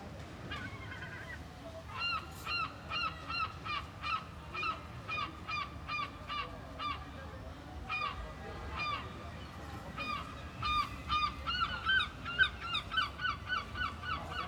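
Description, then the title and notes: Gull calls in a long series of loud, harsh, ringing notes, some overlapping, over steady low background noise. Seagulls on the seafront at Mers-les-Bains, France, with waves in the distance and people passing by; recorded with DPA 4060 microphones in AB position into a Zoom F3. "66 Esp. du Général Leclerc, 80350 Mers-les-Bains, France - Seagulls and people. Seagulls, waves in the distance, people passing by. Mouettes, vagues dans le lointain, promeneur·euses"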